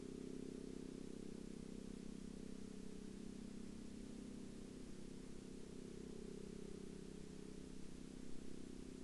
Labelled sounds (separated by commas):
man-made sound